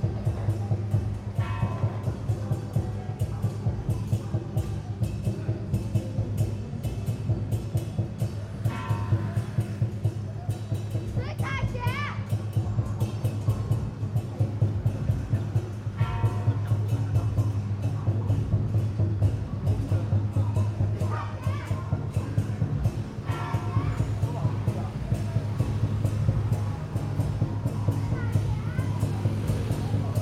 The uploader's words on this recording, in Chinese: 北安府癸卯年謁祖晉香回鑾–聲音現場。台北市樹德公園–大龍街87巷巷口與巷內。上午。